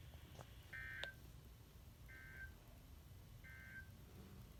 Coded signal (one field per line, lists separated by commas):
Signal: Emergency Alert System (SAME) tones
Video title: Flooding Madness part 4 EAS#354-379 from 11/8/20 - 11/10/20